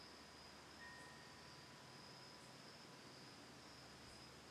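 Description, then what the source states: Faint steady cricket trill with occasional soft higher chirps; a single bell tone rings briefly near the start. Autumn night at a lakeside home on Cayuga Lake in Ithaca, New York, recorded October 10, 2020; a tolling Cosanti windbell also heard.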